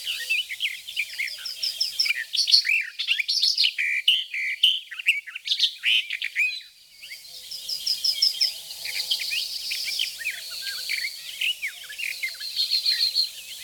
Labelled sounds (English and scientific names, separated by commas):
Barred Warbler (Sylvia nisoria) song